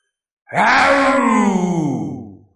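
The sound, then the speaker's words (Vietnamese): A loud roar bursts in and holds for about two seconds, a deep, rough, moaning bellow whose pitch slowly sinks before it fades away, let out by a man leaping into the air with his mouth wide open toward a charging scaled serpent below. No one speaks. “thân hình đã phóng vọt lên không trước khi cái đầu lân mãng kia lao đến, rồi bỗng nhiên gã há to cái miệng hướng xuống dưới gầm lên một tiếng.”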